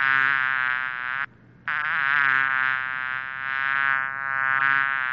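Bee buzzing with a steady, wavering hum, broken by a short silent pause before the drone resumes.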